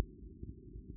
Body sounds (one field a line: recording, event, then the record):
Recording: neck accelerometer signal played as sound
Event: no cough (speech, laughter, throat clearing or background)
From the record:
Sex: male